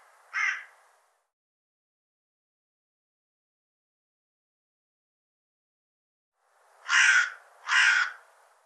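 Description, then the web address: Bird giving one harsh caw, then a long silence, then two more rasping caws in quick succession near the end. "cianscape birddata Deverinetal 2025 File cleaned normalized Bird"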